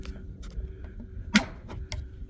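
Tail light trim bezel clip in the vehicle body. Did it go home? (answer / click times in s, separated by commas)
released / 1.4 s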